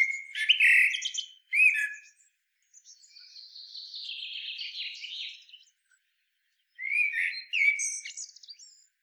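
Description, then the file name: Common blackbird song: strong mellow whistles, then a long thin scratchy twitter, and after a pause another warbled whistled phrase. "Turdus merula"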